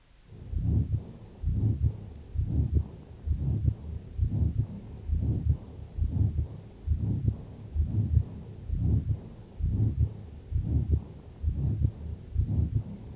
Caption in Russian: Второй тон над аортой резко ослаблен или не выслушивается вовсе, а грубый систолический шум как бы переходит в мягкий диастолический.